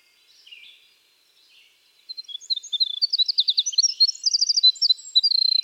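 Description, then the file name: Winter wren with soft faint notes at first, then a bright rapid song of high trills and chattering runs that continues to the end. "Troglodytes hiemalis - Winter Wren"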